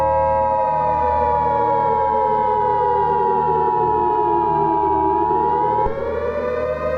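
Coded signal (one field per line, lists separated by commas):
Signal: Emergency Alert System (SAME) tones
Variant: 853 and 960 Hz attention tone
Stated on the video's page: Fictional analog-horror EAS scenario about a Skynet AI.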